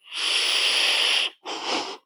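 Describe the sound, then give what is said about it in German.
A long, steady airy inhale of about 1.3 seconds is drawn through an e-cigarette, then after a brief pause comes a shorter, breathy exhale that swells and fades. No talking. “Klar, jetzt wird ein Vorschlag eventuell aufkommen, ja, quasi so dampfen und so, aber ich sag mal ganz ehrlich, wie soll ich das in einem Podcast machen?”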